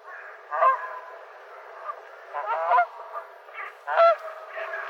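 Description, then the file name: Canada goose honking: three loud nasal honks with softer honks between them. "kanadanhanhi"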